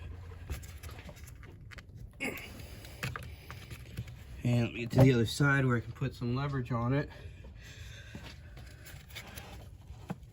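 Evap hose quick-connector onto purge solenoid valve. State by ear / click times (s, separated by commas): seated / 10.1 s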